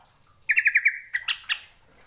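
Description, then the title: Bird chirping song: a quick run of five bright, even chirps, followed by a few more spaced notes that fade out. "Kicau Burung"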